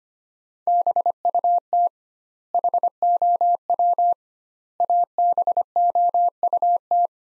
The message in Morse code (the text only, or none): BUT HOW ABOUT